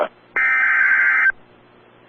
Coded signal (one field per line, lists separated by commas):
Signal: Emergency Alert System (SAME) tones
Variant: header bursts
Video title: Severe Thunderstorm Warning | EAS #513